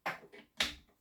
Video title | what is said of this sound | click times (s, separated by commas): l AK 750 mon custom du PP 750 | Voilà, ça s'enclenche comme si c'était fait pour. | 0.6 s